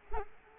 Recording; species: mosquito wingbeat signal from an infrared sensor; Culex quinquefasciatus